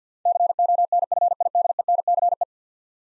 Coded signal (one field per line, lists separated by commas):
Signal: Morse code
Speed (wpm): 50 wpm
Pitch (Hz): 700 Hz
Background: none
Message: CONFIDENCE